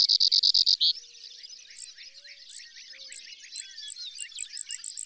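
Bird song: a loud, fast trill of bright high notes for about a second, then a busy background chorus of chirps with short high notes repeated at a quickening pace.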